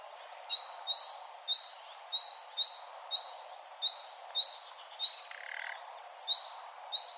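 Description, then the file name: Common nightingale with a run of clear rising whistle notes at a steady pace, plus a single soft croak. "Luscinia megarhynchos"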